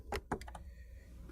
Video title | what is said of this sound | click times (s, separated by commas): Amazon Says Created Over 6,500 Temporary Jobs Ahead of Great Indian Sale | you should be able to hear it snap into place okay | 0.3 s